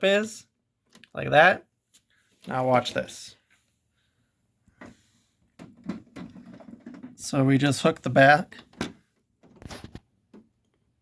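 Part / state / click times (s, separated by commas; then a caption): plastic toy shuttle being hooked into the booster assembly / not seated / none. A plastic toy shuttle has its rear hooked and lined up into its mount on the booster assembly before the top is pressed home, while someone talks. Only handling sounds are heard, with soft taps and rustles between about 5.6 and 10 seconds. Nothing has seated or clicked yet.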